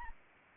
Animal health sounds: mosquito wingbeat signal from an infrared sensor; Anopheles arabiensis

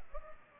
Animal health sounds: mosquito wingbeat signal from an infrared sensor; Culex pipiens

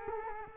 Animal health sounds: mosquito wingbeat signal from an infrared sensor; Culex quinquefasciatus

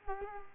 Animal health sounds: mosquito wingbeat signal from an infrared sensor; Culex quinquefasciatus

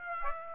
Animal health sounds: mosquito wingbeat signal from an infrared sensor; Aedes aegypti

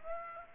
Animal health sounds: mosquito wingbeat signal from an infrared sensor; Aedes aegypti

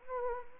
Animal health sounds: mosquito wingbeat signal from an infrared sensor; Anopheles arabiensis

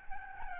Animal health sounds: mosquito wingbeat signal from an infrared sensor; Aedes albopictus

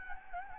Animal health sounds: mosquito wingbeat signal from an infrared sensor; Anopheles gambiae

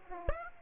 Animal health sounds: mosquito wingbeat signal from an infrared sensor; Aedes aegypti

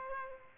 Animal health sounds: mosquito wingbeat signal from an infrared sensor; Aedes aegypti

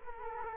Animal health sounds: mosquito wingbeat signal from an infrared sensor; Culex quinquefasciatus

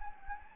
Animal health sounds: mosquito wingbeat signal from an infrared sensor; Anopheles gambiae

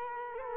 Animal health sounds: mosquito wingbeat signal from an infrared sensor; Culex quinquefasciatus

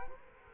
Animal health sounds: mosquito wingbeat signal from an infrared sensor; Culex quinquefasciatus

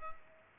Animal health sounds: mosquito wingbeat signal from an infrared sensor; Culex pipiens

